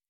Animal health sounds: hydrophone in a shrimp aquaculture tank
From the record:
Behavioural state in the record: normal

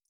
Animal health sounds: hydrophone in a shrimp aquaculture tank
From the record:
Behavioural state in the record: feeding

